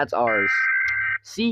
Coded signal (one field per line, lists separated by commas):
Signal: Emergency Alert System (SAME) tones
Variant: header bursts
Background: speech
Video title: Reacting to EAS alarms (not ranked by me)